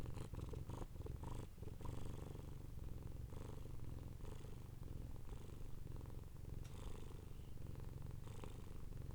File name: lrocio. cat purring